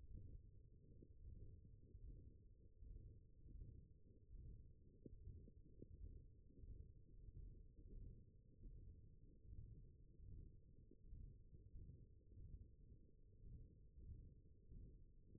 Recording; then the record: forearm muscle sounds (acoustic myography)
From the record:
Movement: ulnar deviation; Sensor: system 1, eight BSWA MPA416 microphones around the upper forearm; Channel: 3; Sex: male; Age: 21 years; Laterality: right